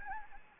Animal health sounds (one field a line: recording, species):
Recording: mosquito wingbeat signal from an infrared sensor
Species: Anopheles gambiae